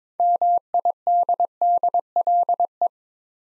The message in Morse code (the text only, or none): MIDDLE